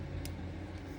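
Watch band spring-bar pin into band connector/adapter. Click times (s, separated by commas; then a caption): 0.2 s. The small spring-bar pin on a watch band end is retracted, the band is slid over the watch adapter, and the pin is let go. It snaps into the lug with a short, sharp click at 0.3 s over a steady low hum. The spring bar is seated and the band is fully assembled.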